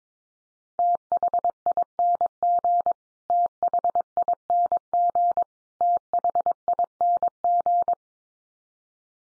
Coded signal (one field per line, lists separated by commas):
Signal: Morse code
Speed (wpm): 22 wpm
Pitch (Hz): 700 Hz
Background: none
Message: THING THING THING